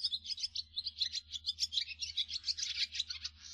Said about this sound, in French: Tendez l'oreille, plus aucun de ces cris atypiques, vous n'entendrez que les gazouillis de l'hirondelle rustique.